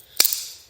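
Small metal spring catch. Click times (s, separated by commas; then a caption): 0.2 s. The spring-loaded inner plunger of a Prologic mk2 quick-change fishing bankstick adapter is shoved down with a tool inside its female housing during disassembly. It clicks sharply at 0.2 s, followed by two fainter ticks at about 0.3 s. The click releases the outer sleeve so it can be slid off.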